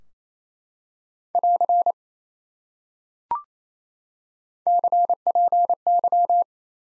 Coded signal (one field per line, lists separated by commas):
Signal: Morse code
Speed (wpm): 28 wpm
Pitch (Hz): 700 Hz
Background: none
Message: <AR> CPY